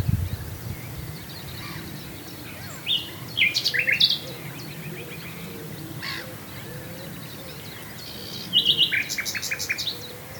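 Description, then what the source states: Common nightingale giving two short phrases of quickly repeated notes several seconds apart, with low noise between. Recorded at Swale.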